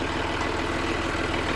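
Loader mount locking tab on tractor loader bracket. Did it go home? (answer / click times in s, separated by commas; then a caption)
no / none. A front end loader frame is handled at the tractor loader bracket mount, where a small locking tab will hold it. A tractor engine idles steadily with a low, rhythmic rumble throughout, and no sharp hits stand out. Nothing has seated or clicked yet.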